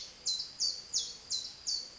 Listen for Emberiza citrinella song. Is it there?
no